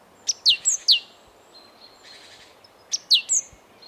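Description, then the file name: Great tit calls: a few sharp, high notes sliding steeply downward, then after a pause another cluster of thin descending notes. "Parus major"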